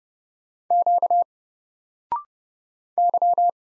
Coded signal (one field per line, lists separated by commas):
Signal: Morse code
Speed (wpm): 30 wpm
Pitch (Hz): 700 Hz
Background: none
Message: Q Y